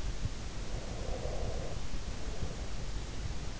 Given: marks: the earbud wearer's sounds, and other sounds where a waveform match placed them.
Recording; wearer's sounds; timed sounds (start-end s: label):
sounds in sleep by an in-ear microphone; breath
0.87-3.15 s: breath